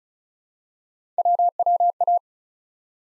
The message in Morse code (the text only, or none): WWA